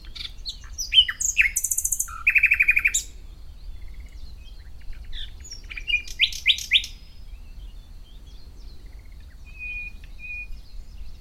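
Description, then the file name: Common nightingale song phrases: varied chirps and a short rapid rattle, a pause, then a burst of sharp notes and two faint drawn-out whistles. "Luscinia megarhynchos"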